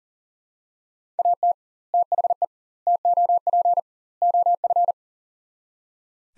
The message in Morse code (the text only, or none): AT THE TOP OF